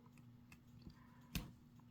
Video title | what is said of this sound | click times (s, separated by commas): Coloring Supplies Haul/ Gifts Part.. Two | it doesn't snap very great | 1.3 s